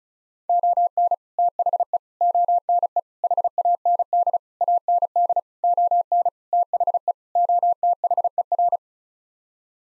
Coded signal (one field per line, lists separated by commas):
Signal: Morse code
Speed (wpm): 34 wpm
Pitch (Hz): 700 Hz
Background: none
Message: ON THE ONE HAND AND ON THE OTHER